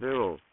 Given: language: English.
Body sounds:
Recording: throat vibration sensor signal played as sound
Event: speech

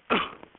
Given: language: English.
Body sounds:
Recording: throat vibration sensor signal played as sound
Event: cough

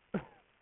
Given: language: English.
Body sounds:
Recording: throat vibration sensor signal played as sound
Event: cough

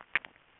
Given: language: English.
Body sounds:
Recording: throat vibration sensor signal played as sound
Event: swallow

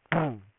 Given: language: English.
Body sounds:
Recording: throat vibration sensor signal played as sound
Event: throat clearing

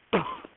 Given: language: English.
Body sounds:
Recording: throat vibration sensor signal played as sound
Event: cough

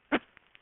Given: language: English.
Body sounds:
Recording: throat vibration sensor signal played as sound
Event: cough

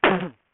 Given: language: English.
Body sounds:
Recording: throat vibration sensor signal played as sound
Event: cough

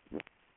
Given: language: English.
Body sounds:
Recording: throat vibration sensor signal played as sound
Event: swallow

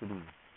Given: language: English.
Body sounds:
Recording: throat vibration sensor signal played as sound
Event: speech

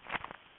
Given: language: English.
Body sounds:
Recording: throat vibration sensor signal played as sound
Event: swallow

